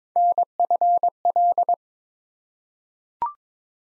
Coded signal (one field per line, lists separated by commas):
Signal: Morse code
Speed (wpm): 22 wpm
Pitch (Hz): 700 Hz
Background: none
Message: NFL